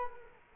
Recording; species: mosquito wingbeat signal from an infrared sensor; Culex quinquefasciatus